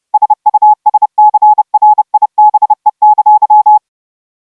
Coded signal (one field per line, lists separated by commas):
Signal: Morse code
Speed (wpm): 30 wpm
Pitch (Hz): 850 Hz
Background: none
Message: SUSCRIBE!